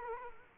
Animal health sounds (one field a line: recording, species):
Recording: mosquito wingbeat signal from an infrared sensor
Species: Culex quinquefasciatus